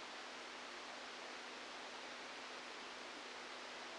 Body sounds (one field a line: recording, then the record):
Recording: brain microelectrode recording played as sound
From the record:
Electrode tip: inside the subthalamic nucleus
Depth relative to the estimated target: -2 mm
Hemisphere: left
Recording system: NeuroSet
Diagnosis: Parkinson's disease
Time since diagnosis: 17 years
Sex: male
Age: 64 years